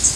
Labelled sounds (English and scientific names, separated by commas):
Cerulean Warbler (Setophaga cerulea) flight call